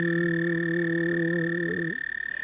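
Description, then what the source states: American toad trill: a long, steady trill held at one pitch, with lower droning tones beneath that stop near the end. A very long call; toads join in together at different pitches.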